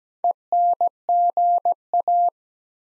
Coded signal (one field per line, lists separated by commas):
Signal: Morse code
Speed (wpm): 17 wpm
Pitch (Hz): 700 Hz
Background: none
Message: ENGA